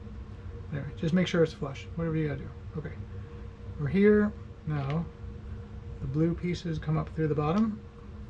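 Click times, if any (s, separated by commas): none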